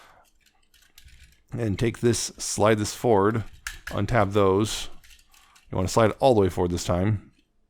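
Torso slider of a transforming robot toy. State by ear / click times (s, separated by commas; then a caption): not seated / none. Someone talks while handling the plastic torso slider of a transforming robot toy, preparing to slide it all the way forward during the vehicle-mode transformation, with a few faint handling ticks near the start. The clip ends before the slider goes home, so nothing has seated or clicked into place yet.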